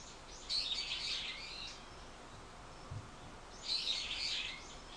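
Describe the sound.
Bird with two loud, harsh, high chattering calls about three seconds apart.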